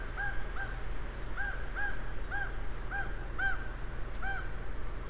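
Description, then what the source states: Raven calls: a run of about eight short arched notes, over a constant low background rumble. Ravens, more than one, recorded 23 October 2008 at 08:33.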